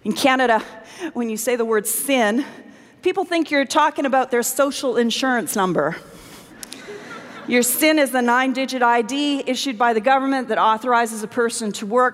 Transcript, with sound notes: In Canada, when you say the word “sin,” people think you’re talking about their social Insurance number. (laughter) Your SIN is a nine-digit ID issued by the government that authorizes a person to work.